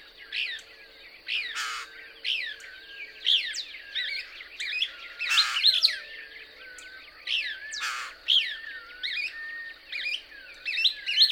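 Couch's Kingbird in almost nonstop excited twittering with many inflected chips, punctuated by three loud harsh rasping bursts, over a constant high hum.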